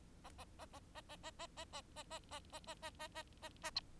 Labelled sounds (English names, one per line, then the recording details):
Bengalese Finch song
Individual Bird4